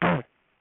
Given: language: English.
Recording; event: throat vibration sensor signal played as sound; throat clearing